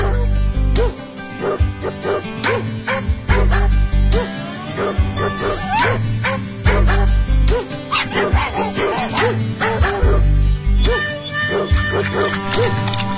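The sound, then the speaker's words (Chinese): A small spotted dog barks and yips in quick, high-pitched bursts, repeating irregularly throughout over a steady musical background. “点点是一只非常调皮的小花狗，爸爸妈妈非常非常疼爱它，从来不让它干重活，娇惯的点点养成了懒惰调皮的坏习惯。”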